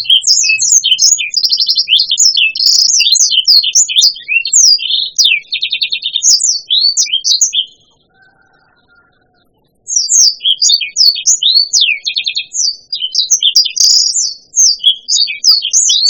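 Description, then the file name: Black-throated laughingthrush song: long bursts of fast, varied, high whistles and buzzy trills, broken by a two-second quiet gap before singing resumes. "suara kicauan burung blacksang. omkicau"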